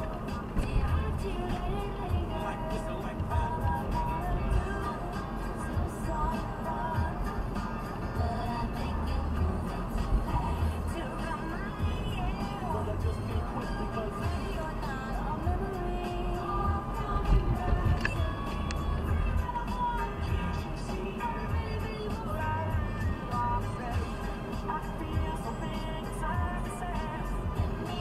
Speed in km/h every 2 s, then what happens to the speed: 54, 55, 55, 55, 55, 55, 54, 55, 55, 55, 55, 54, 54, 54.
0-28 steady at about 55.